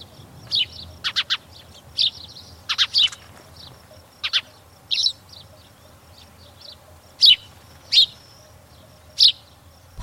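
Spanish sparrow chirps, sharp high notes given singly and in quick pairs and triplets, loosely spaced throughout over a faint low background rumble.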